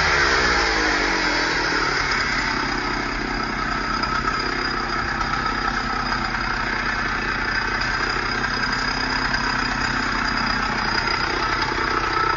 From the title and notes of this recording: Chainsaws. Recorded by Dan Bodah in Dingmans Ferry, PA.